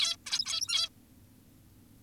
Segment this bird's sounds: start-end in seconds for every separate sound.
0.26-0.89